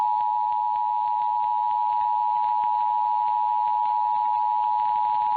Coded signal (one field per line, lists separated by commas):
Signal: Emergency Alert System (SAME) tones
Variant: 853 and 960 Hz attention tone